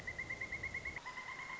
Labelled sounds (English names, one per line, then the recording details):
Pileated Woodpecker
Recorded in Sonoma County, California